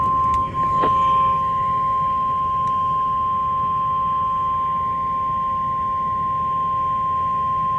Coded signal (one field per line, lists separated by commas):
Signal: Emergency Alert System (SAME) tones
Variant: 1050 Hz attention tone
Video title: Enhanced.. Bust? Enhanced Risk EAS Alerts from 6/30/24 (EAS #1,123-1,138)